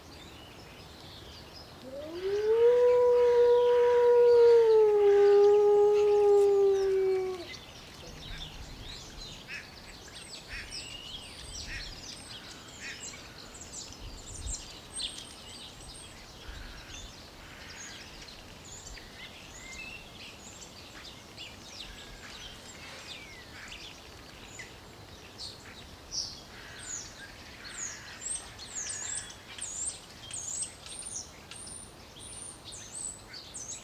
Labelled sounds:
Gray Wolf howling
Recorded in captivity
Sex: group
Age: adult
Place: Zoo Berlin, Berlin, DE
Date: 1988-11-12 10:12
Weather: bedeckt, 8-12°C
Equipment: Sony WM-D6C, Kopie 19 cm
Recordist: Tembrock, Günter

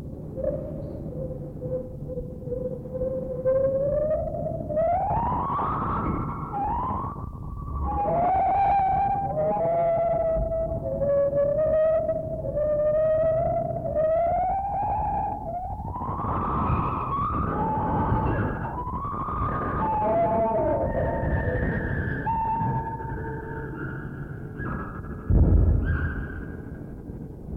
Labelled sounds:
Lar Gibbon
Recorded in captivity
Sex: pair
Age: adult
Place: Zoo Berlin, Berlin, DE
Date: 1960-10-08 12:00
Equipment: Minifon, Kopie Smaragd
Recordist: Tembrock, Günter

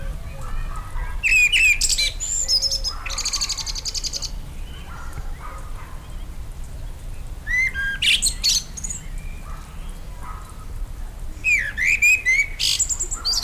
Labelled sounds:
Common Blackbird song
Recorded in the wild
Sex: male
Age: adult
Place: Lübars, Benekendorffstraße, Berlin, DE
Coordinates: 52.6167, 13.3469
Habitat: garden
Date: 1999-07-10 20:54
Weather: fair, 24°C
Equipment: Sony WM-D6C, Sennheiser ME 80, Kopie Uher 4000 Report Monitor
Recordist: Tembrock, Günter

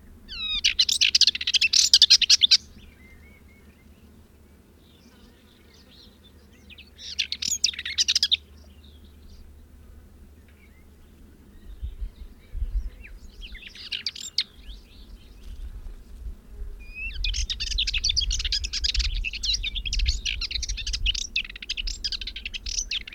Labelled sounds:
Subalpine Warbler song
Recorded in the wild
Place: Melnik, Blagoewgrad, BG
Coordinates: 41.525, 23.392
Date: 1974-05-24
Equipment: Nagra III BH, Sennheiser MD 21, parabola
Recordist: Schubert, Michael

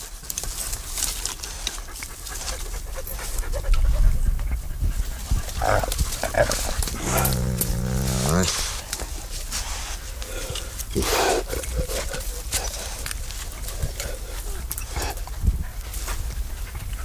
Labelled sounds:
Gray Wolf aggressive call
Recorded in captivity
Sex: group
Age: adult
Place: Wildpark Schorfheide, Schorfheide, Brandenburg, DE
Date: 1999-07-25 18:27
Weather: fair, 27°C
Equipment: Sony WM-D6C, Sennheiser ME 80, Kopie Uher 4000 Report Monitor
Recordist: Tembrock, Günter

